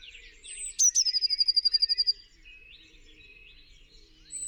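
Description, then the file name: Eurasian blue tit producing a single high, fast-pulsed trill that falls slightly in pitch, followed by softer thin notes. "Cyanistes caeruleus"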